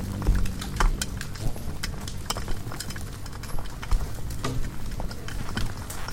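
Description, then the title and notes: Insects produce busy clicking and tapping, some strikes sharper and brighter, over a constant low rumble. Hundreds of bugs frantically congregating around the only light at night, a porch bulb on a savannah wildlife ranch at Mmabolela, South Africa, November 2016; mix of six mics including miniature omnis; Zoom F8. "One Lightbulb. Hundreds of bugs are frantically congregating around the sole light source present at night, a bulb hanging on the porch of a wildlife ranch in South Africa. Angélica Castelló"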